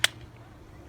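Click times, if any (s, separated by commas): 0.0 s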